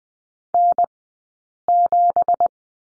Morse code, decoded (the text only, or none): N7